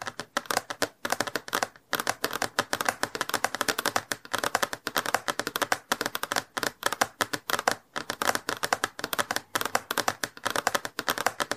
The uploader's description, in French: Mon téléphone, mon ordinateur et mon clavier mécanique